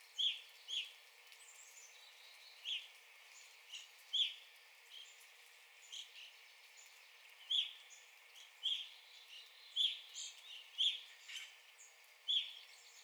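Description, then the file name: Evening grosbeak calls, many short bright chirps scattered throughout, above a steady hiss. Recorded 9 April 2021. "2021-04-09 Evening Grosbeak"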